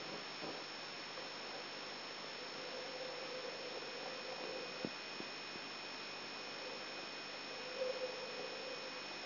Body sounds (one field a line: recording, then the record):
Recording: brain microelectrode recording played as sound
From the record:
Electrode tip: outside the subthalamic nucleus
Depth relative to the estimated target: -4 mm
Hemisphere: left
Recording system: AlphaMap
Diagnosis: Parkinson's disease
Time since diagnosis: 14 years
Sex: male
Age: 66 years